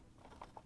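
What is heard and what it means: A drive motor wire connector is pushed into place on a Whirlpool/KitchenAid/Maytag washer timer 3955651 so it locks. Two short, sharp clicks are heard at 0.4 s and 0.6 s over a low background. The connector is seated.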